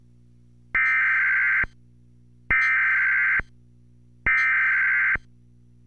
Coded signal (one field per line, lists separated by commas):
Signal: Emergency Alert System (SAME) tones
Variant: header bursts